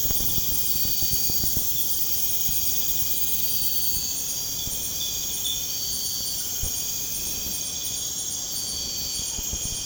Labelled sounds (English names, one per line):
none